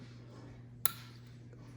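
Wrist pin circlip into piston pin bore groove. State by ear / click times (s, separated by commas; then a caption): seated / 0.9 s. A wrist pin circlip is pushed into its groove in the piston pin bore during a Banshee top end rebuild, with a thumb holding the near side of the clip. Over a steady low hum, the spring-steel clip snaps in with a single sharp metallic click at 0.9 s, and the circlip is seated.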